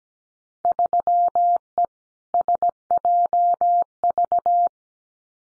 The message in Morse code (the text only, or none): 3E SJV